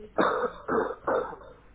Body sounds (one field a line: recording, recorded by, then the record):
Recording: voluntary cough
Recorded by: telephone call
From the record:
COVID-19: positive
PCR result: checked with the laboratory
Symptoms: yes